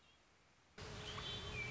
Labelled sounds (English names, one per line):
Red-winged Blackbird